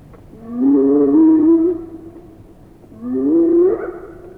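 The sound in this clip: Hyena giving two long, slightly wavering whoops that slide upward in pitch, the first lasting over a second, the second shorter and rising more steeply.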